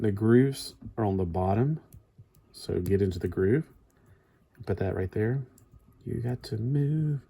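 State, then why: Not seated. A plastic piece of a Blokees Starlight Version Kamen Rider Revi (Rex) building-block action figure is handled as it is fitted into the torso/leg assembly during the build, while someone talks. Faint plastic ticks are heard at about 3.9 and 4.6 seconds between the speech. Nothing has seated or clicked into place yet.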